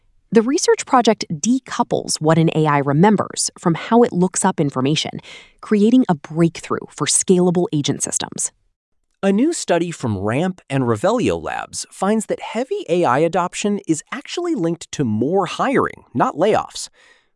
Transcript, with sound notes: The research project decouples what an AI remembers from how it looks up information, creating a breakthrough for scalable agent systems.
[thoughtful] A new study from Ramp and Revelio Labs finds that heavy AI adoption is actually linked to more hiring, not layoffs.